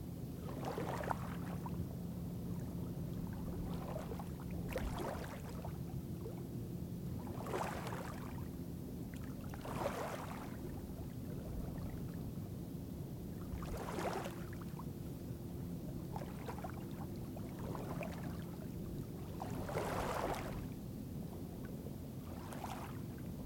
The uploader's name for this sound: Arkansas Bend County Park - Scenic Overlook - Shore